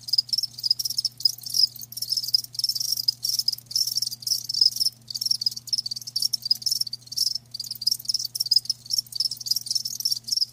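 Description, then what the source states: Crickets chirping in a dense, high-pitched chorus of rapid pulsing bursts that come in uneven clusters throughout, over a faint steady low hum. Live crickets chirping with a lulling song.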